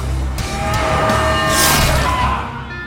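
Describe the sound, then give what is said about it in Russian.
Warriors' metal swords clang in a dense video game battle din. Sharp strikes ring out with a bright, sustained metallic shimmer over a constant rumbling roar of fighting, loud throughout with no voices. “В игре разгорается битва. Звенят мечи воинов.”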